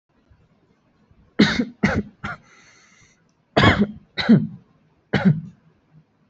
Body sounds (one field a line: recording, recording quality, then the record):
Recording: heavy voluntary cough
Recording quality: excellent, no background noise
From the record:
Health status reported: healthy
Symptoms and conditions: none ticked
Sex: male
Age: 23 years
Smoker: not ticked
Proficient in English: yes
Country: India